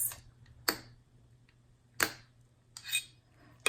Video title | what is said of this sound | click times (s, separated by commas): SilvAIR® Dental High-Speed Suction 4K INSTRUCTIONAL VIDEO: LEVERLESS® High Volume Evacuator (HVE) | compress the insert until you hear two clicks | 0.7 s, 2.0 s